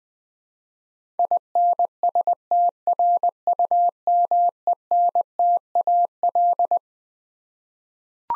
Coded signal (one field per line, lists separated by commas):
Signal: Morse code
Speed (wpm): 20 wpm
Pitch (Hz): 700 Hz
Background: none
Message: INSTRUMENTAL